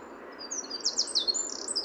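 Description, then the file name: Eurasian wren giving a short burst of high, sharp, quickly repeated notes and a brief trill against a low hiss. "Troglodytes troglodytes"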